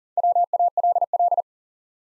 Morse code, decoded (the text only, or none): WALL